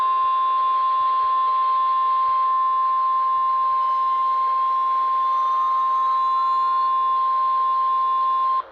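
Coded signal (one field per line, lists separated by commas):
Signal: Emergency Alert System (SAME) tones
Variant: 1050 Hz attention tone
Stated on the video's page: Real EAS alerts for tornado, severe thunderstorm and flash flood warnings during a Mid-Atlantic tornado outbreak.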